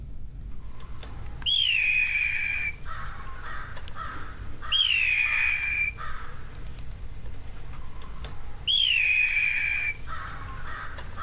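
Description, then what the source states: Blue jay mimicking a hawk: three loud, hoarse, slightly falling screams, each followed by softer short notes. Blue jay imitating a red-tailed hawk call; played as a quiz sound on a radio show.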